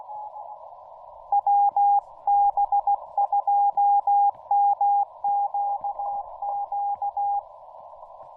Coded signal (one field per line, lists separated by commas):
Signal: Morse code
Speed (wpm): 16 wpm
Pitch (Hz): 810 Hz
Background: radio noise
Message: WB2MQQ